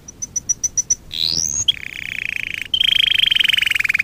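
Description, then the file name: Domestic canary song: several evenly spaced high ticks, a rising whistled slur, then long rolling trills. Fife canary. "kenari-fife-v 2-omkicau"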